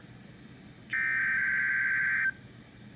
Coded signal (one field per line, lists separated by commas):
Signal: Emergency Alert System (SAME) tones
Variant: header bursts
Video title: ILM Required Weekly Test - KHB31 & KEC95 - EAS 501 & 502